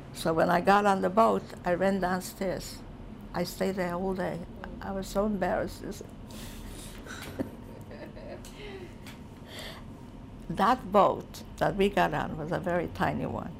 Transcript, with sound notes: So when I got on the boat I ran downstairs and I stayed there all day. I was so embarrassed. ( she laughs ) That boat that we got on was a very tiny one